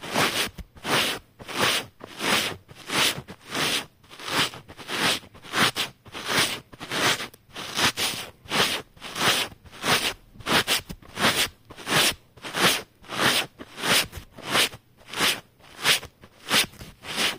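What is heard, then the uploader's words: A scrub sponge is rubbed and scratched in quick, regular back-and-forth strokes, roughly two per second, for the whole stretch. Each stroke is a bright, gritty rasp with a crunchy texture, separated by brief near-silent gaps. SCRUB SPONGES ASMR. ASMR including sounds of rubbing and scratching scrub sponges.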